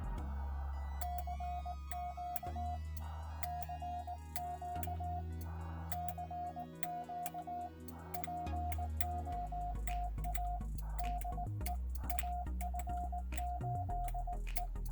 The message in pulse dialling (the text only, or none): none